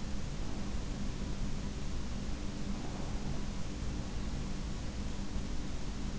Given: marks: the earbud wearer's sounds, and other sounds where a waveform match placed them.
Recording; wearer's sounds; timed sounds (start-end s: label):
sounds in sleep by an in-ear microphone; breath
2.16-3.59 s: breath